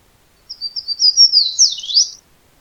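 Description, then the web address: Fan-tailed Warbler singing a short, high-pitched phrase of rapid twittering notes that swell in strength and finish with sharp down-and-up slurs, against silence. Recorded at Madera, Arizona, on 27 May 2011. "Other Warblers FTWA Thompson Madera 05272011"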